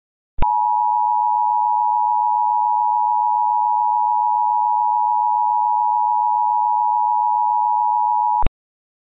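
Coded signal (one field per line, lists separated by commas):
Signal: Emergency Alert System (SAME) tones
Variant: 853 and 960 Hz attention tone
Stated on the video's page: Fictional EAS scenario containing valid EAS tones.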